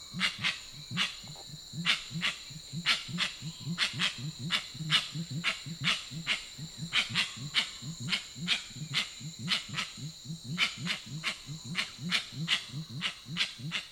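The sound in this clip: Grey-winged trumpeter giving a long, regular series of deep, quick hoots, paired with repeated loud clicks and a constant high background hiss.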